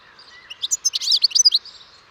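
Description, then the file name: European goldfinch twittering, a brief run of bright, high chirping notes. "Carduelis carduelis"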